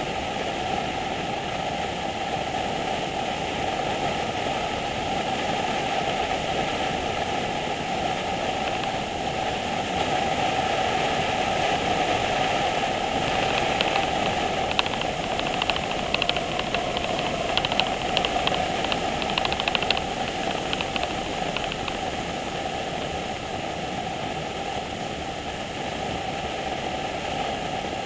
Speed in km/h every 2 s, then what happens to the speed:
81, 76, 77, 74, 76, 79, 74, 82, 76, 81, 79, 81, 81, 74.
0-28 steady at about 77.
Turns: none.